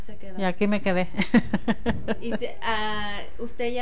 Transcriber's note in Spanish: risas